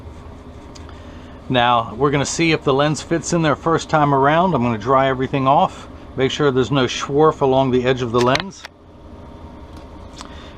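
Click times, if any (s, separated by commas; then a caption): 10.2 s. Someone talks while a freshly cut green Transitions prescription plastic lens is tucked into the outside corner of the acetate rim of a Ray-Ban 2140 Original Wayfarer sunglass frame and pressed down at the nose side. Two sharp clicks at 10.2 s and 10.3 s mark the lens snapping into the groove, fully seated.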